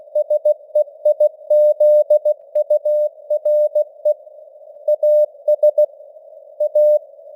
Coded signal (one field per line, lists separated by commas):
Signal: Morse code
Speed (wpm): 15 wpm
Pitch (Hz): 600 Hz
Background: none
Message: SEIZURE AS A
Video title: Morse Code News | 2025-12-13 | 16wpm